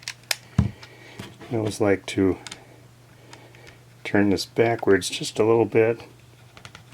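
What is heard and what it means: Someone talks while turning the threaded battery cap on the base of a Minolta X-700 35mm SLR film camera with a 50mm f/1.7 prime lens slightly backwards in its battery compartment, waiting for the click that shows the thread is engaged correctly before screwing it closed. Faint, sharp handling ticks are heard near the start and end of the clip. The cap has not clicked or seated yet.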